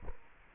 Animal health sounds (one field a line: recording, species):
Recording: mosquito wingbeat signal from an infrared sensor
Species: Culex quinquefasciatus